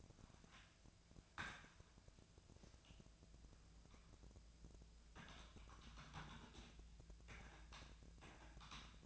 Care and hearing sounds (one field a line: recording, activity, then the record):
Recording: daily activity, microphone in the room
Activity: typing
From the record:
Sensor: 2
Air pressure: 1000.0 hPa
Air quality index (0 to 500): 129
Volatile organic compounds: 2 ppm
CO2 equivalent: 1105 ppm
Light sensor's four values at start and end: 25/62/26/29 and 25/61/26/29